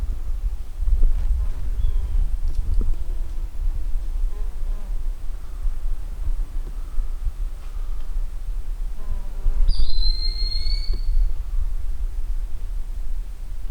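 Broad-winged hawk giving one thin, high whistle that starts sharply and trails off slightly lower, heard near the end over a steady low rumble.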